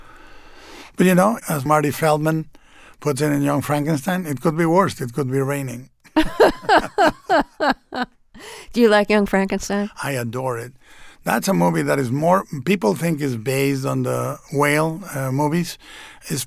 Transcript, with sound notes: But, you know, as Marty Feldman puts it in "Young Frankenstein," it could be worse. It could be raining.
(LAUGHTER)
Do you like "Young Frankenstein"?
I adore it. That's a movie that is more - people think is based on the Whale movies.